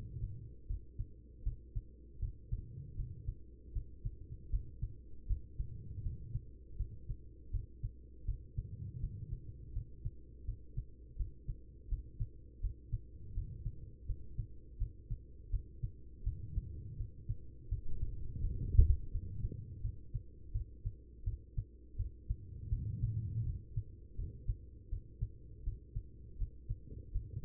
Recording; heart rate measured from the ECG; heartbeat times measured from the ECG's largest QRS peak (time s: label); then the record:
heart sounds by stethoscope; 82 bpm
0.66 s: heartbeat
1.43 s: heartbeat
2.19 s: heartbeat
2.95 s: heartbeat
3.72 s: heartbeat
4.49 s: heartbeat
5.26 s: heartbeat
6.02 s: heartbeat
6.76 s: heartbeat
7.50 s: heartbeat
8.25 s: heartbeat
8.99 s: heartbeat
9.72 s: heartbeat
10.44 s: heartbeat
11.16 s: heartbeat
11.88 s: heartbeat
12.60 s: heartbeat
13.33 s: heartbeat
14.05 s: heartbeat
14.77 s: heartbeat
15.50 s: heartbeat
16.23 s: heartbeat
16.96 s: heartbeat
17.68 s: heartbeat
18.40 s: heartbeat
19.10 s: heartbeat
19.81 s: heartbeat
20.52 s: heartbeat
21.24 s: heartbeat
21.96 s: heartbeat
22.69 s: heartbeat
23.43 s: heartbeat
24.15 s: heartbeat
24.89 s: heartbeat
25.63 s: heartbeat
26.37 s: heartbeat
27.11 s: heartbeat
From the record:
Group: healthy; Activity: cold pressor test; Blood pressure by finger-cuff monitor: 136/86 mmHg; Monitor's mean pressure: 102 mmHg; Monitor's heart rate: 82 bpm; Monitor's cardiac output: 5.9 L/min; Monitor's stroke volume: 73 mL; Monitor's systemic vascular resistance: 1260 dyn s/cm5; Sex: female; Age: 43 years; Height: 160 cm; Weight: 90 kg